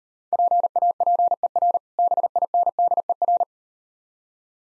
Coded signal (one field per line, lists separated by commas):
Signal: Morse code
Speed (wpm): 39 wpm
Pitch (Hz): 700 Hz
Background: none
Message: PAPER BINDER